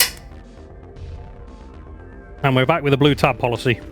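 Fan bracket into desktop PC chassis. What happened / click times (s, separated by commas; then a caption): The plastic bracket tab snapped into place / 0.0 s. A loose fan bracket is pushed down into an Alienware Area-51 AAT2250 desktop PC chassis, and its blue plastic tab snaps into place with a sharp click at 0.0 s, seating the bracket. A low musical bed plays underneath, and from about 2.4 s someone talks.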